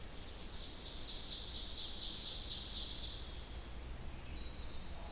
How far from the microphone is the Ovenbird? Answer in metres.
about 35 m